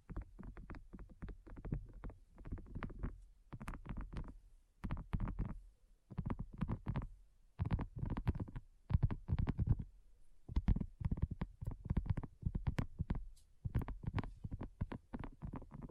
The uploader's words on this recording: ASMR Addictive Tapping. (No Talking).